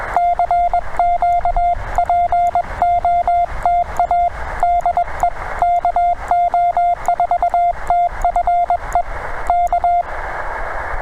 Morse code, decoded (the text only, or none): CQPOTA DE KO4TFE K